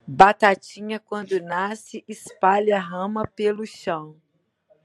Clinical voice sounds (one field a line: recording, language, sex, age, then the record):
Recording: short text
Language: Brazilian Portuguese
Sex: female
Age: 50 to 59 years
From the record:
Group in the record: control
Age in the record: 52 years